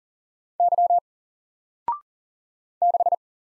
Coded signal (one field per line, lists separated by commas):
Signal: Morse code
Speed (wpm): 38 wpm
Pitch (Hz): 700 Hz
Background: none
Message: Y 6